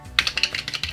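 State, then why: Seated. A hard-shell card wallet loaded with twelve cards is closed onto its catch and clicks shut into place with a sharp snap at 0.2 s. A few lighter clicks and rattles follow over the next second.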